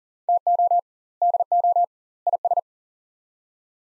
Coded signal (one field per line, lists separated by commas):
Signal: Morse code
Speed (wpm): 40 wpm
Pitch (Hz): 700 Hz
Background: none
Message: TO DO IS